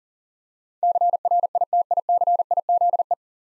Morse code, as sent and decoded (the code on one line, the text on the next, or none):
-.-. .-. .. - .. -.-. .. --.. .
CRITICIZE